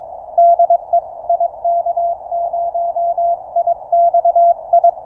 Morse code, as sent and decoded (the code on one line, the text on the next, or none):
-.. . / .. -.- ----- .. -..- ..
DE IK0IXI